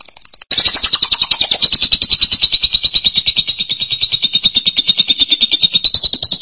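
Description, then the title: Lovebird chatter: a fast, steady stream of high, buzzy pulses, roughly three every second, with a slowly falling then level tone, continuing unbroken after a brief opening gap. "BM Suara Burung Lovebird"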